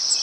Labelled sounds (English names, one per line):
Cape May Warbler flight call